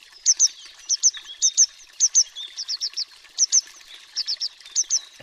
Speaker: Prezența codobaturii este semnalată de sunetul înalt și metalic, format din două silabe, iar cântecul este o serie scurtă de note ascuțite, interpretat de mascul în zbor.